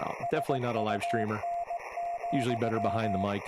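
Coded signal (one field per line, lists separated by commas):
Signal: Morse code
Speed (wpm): 18 wpm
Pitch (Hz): 690 Hz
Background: speech, radio noise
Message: SUN,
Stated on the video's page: Live HF reception of a QST bulletin on an FTDX-10.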